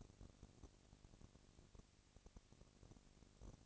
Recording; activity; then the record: daily activity, microphone in the room; no activity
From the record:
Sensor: 4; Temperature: 22.4 degrees Celsius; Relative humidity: 31.9%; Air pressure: 997.9 hPa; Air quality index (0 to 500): 203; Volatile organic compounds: 17 ppm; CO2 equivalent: 2572 ppm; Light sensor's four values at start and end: 2/3/1/1 and 2/3/1/1